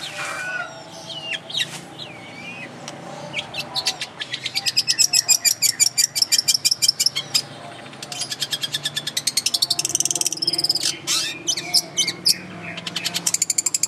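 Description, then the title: Long-tailed shrike song: varied high chattering phrases with fast buzzy trills, sharp repeated notes and brief whistled slurs, loud bursts alternating with quieter passages. Champion singing bird. "Kicau Burung Cendet Juara"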